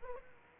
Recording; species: mosquito wingbeat signal from an infrared sensor; Aedes aegypti